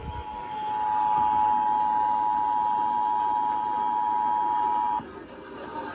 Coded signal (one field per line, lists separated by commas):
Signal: Emergency Alert System (SAME) tones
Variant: 853 and 960 Hz attention tone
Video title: Monthly Tests Madness (EAS #6942-7018) 6/27-28/22